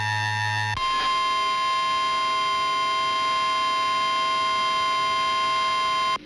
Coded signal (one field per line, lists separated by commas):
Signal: Emergency Alert System (SAME) tones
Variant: 1050 Hz attention tone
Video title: EAS Alert - Strange Tornado Warning for Centre County (Weatheradio Voice, Not Comcast!)